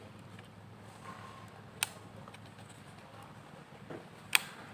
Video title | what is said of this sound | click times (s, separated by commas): CARA MERAKIT KOMPUTER LENGKAP PEMULA, langkah, Tips Menangani Masalah Troubleshoot Kesalahan | Oke, terdengar suara klik, berarti | 1.8 s, 4.4 s